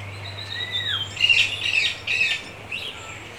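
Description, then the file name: Birds: bird calls: a long whistled note sliding downward, then harsh squawking bursts with loud chirped accents, over a steady low hum. Birds in a rainforest. "Sound Effects Library - Birds in a Rain Forest"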